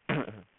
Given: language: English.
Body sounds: throat vibration sensor signal played as sound; throat clearing

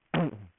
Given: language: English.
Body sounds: throat vibration sensor signal played as sound; throat clearing

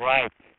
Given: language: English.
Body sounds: throat vibration sensor signal played as sound; speech

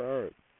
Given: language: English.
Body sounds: throat vibration sensor signal played as sound; speech

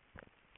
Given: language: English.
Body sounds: throat vibration sensor signal played as sound; swallow

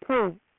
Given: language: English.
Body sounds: throat vibration sensor signal played as sound; speech

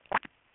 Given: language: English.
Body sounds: throat vibration sensor signal played as sound; swallow

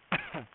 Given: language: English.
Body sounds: throat vibration sensor signal played as sound; cough

